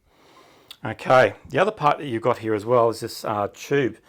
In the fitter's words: So that slides in there like so, and that locks into place like that way there.